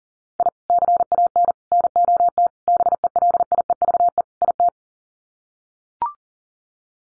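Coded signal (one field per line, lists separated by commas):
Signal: Morse code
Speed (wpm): 37 wpm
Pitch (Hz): 700 Hz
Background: none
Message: I CAN NOT BELIEVE IT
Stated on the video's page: Morse head-copy drill of common five-word groups at 40 wpm.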